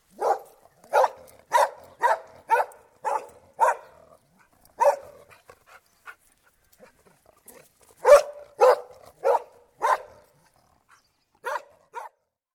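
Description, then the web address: Collie barking in bursts: a run of seven sharp barks, one more bark and a few soft sounds, then four barks and two final ones. Collie dog barking outdoors. "Sound Effects-BBC. collie dog barking exterior"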